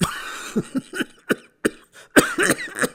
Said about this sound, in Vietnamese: Cụ Lý lại ho lên mấy tiếng.